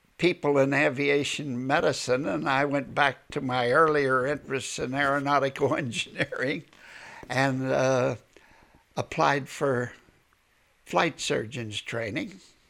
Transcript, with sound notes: people in aviation medicine, and I went back to my earlier interest in aeronautical engineering ( he laughs ) and applied for flight surgeon's training,